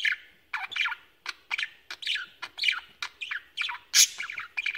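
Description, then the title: Budgerigar warbling chatter, rapid harsh chirps and squeaky notes following one another every fraction of a second, with one sharper high squawk near the end. "Budgie Sounds"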